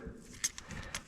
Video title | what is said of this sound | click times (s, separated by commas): Packard Straight 8 Valve Install | click and just kind of get a peek at it. Looks like the keepers are in place. | 0.4 s, 0.6 s